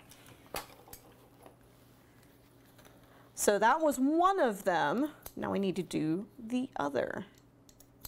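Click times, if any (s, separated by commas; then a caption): none. A belt connector clip on a sewn bag is handled near its mating buckle, with a few light taps and clicks of handling at about 0.6 s and 0.9 s, and soft clicks near the end around 7.7–8.1 s. Someone talks from about 3.4 s to 7.2 s. Nothing has seated or clicked into place yet.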